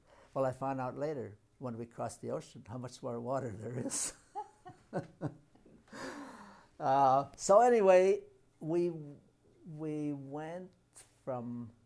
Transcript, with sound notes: Well, I found out later when we crossed the ocean how much more water there is. [Laughs] Ah, so anyway, we — we went from